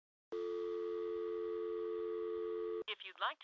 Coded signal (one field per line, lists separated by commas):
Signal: telephone call progress tone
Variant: North America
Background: speech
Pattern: dial tone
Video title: DIAL TONE (behind the scenes) FLYBOYFOREVER.COM